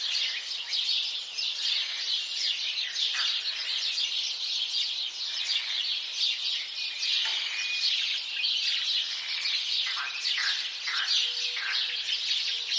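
House sparrow flock calls, many overlapping bright chirps forming a steady chatter throughout.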